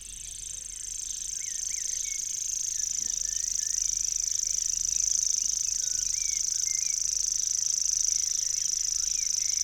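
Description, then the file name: Common grasshopper warbler song swelling gradually in loudness into a steady, very high, ticking reel, with other birds' chirps and whistles mixed in. "locustelle tachetee"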